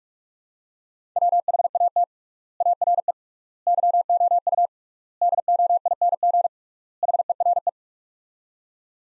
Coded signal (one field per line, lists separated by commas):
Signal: Morse code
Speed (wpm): 42 wpm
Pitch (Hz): 700 Hz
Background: none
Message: WHAT ARE YOU DOING HERE